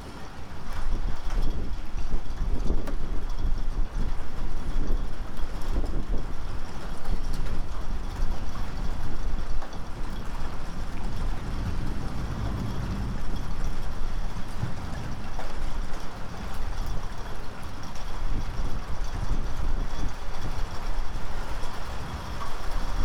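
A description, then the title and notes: Storm wind roars steadily and densely for the whole stretch, a deep rumbling rush with gusts swelling and easing, unbroken. The Windy Storm Is Approaching.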